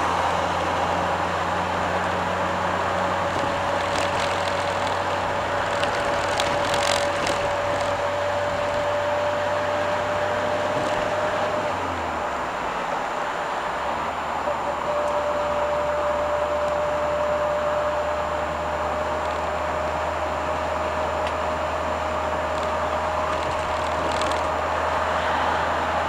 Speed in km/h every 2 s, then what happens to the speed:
62, 63, 65, 66, 67, 69, 69, 67, 67, 68, 69, 70, 72.
0-26 speeds up to 72.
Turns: none.